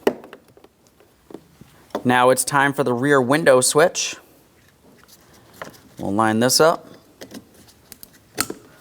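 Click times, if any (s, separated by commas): 8.4 s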